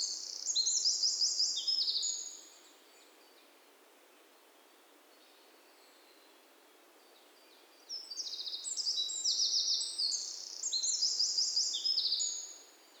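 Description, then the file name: Eurasian wren singing two bursts of fast, shrill trills and tinkling notes, separated by several seconds of near silence. "Troglodytes troglodytes"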